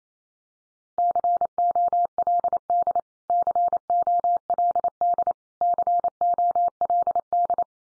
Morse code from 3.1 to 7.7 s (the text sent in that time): COLD COLD